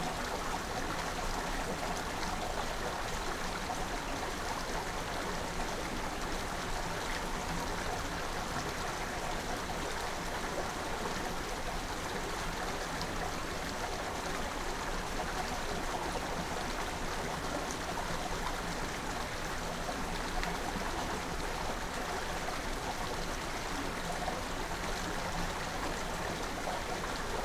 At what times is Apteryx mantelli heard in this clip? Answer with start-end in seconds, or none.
none